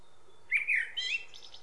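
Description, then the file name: Common blackbird singing one phrase: mellow fluted notes wavering up and down, ending in a quick high-pitched chattering flourish. "Turdus merula"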